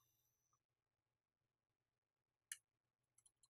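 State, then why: Seated. A trumpet piston valve is shimmied back down into its metal valve casing and spun until its plastic guide tab clicks into the notch. A single sharp, bright click lands at 2.5 s, followed by a few faint small ticks, and the valve is confirmed seated in place.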